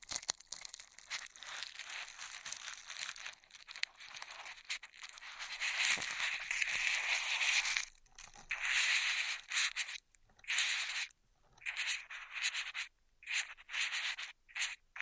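Straws are rubbed and scraped in a dry, scratchy stream of crinkly friction that stays bright, with almost nothing in the low end. The rubbing runs fairly steadily for the first ten seconds, then breaks into short bursts separated by near-silent gaps.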